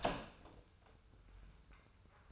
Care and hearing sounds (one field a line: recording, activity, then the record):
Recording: daily activity, microphone in the room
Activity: open door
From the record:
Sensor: 2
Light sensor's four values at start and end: 11/27/11/12 and 11/27/11/12